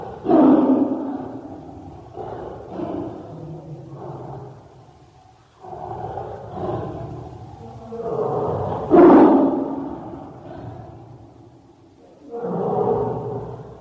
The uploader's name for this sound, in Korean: 호랑이 울음 소리